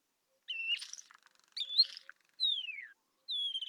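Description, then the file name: Isabelline Wheatear song mixing scratchy chatter with clean whistles, including a long descending whistled glide and a steady high whistle at the end. Recorded at Telmen Nuur, Mongolia. "isawheat mng telmen-nuur"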